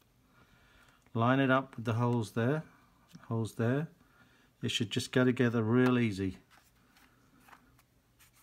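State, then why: Not seated. Someone talks while lining up one plastic housing half of a handheld metal detector with the screw holes on the other half. Only a faint handling tap is heard near 7.8 s. Nothing has seated or clicked yet.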